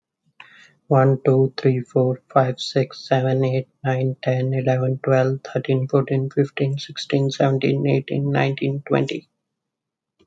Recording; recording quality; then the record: counting at a fast pace; excellent, no background noise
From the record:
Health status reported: healthy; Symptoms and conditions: none ticked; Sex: male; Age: 30 years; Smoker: not ticked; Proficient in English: yes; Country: India